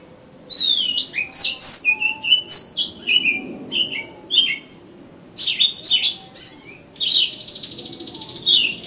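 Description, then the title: Oriental magpie-robin song mixing long even whistles, bright chirps and slurred notes, then a brief pause and a harsher buzzy, scratchy stretch. "Kacer Kacer"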